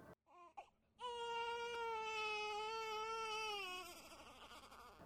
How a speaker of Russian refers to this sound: Я просыпаюсь от плача девочки. Никак не могу заставить себя хотя бы мысленно называть ее дочкой. На будильнике 3 часа ночи. Господи, она даже плачет не так, как все младенцы. Этот звук похож на крик птицы или вой ветра в трубе.